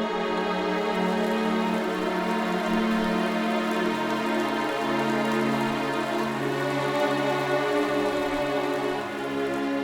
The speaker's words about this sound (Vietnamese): Trên trời, từng hạt mưa bắt đầu rơi.